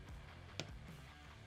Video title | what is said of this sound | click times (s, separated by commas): Hyundai Bottom End Assembly G4fJ | Okay, and then we got a little click in there, and you just make sure, go around, make sure it's snug in there. | 0.6 s